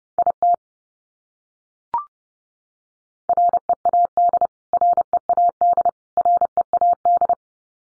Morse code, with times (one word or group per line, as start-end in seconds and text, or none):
0.2-0.5 IT
3.3-4.5 READ
4.7-5.9 READ
6.2-7.3 READ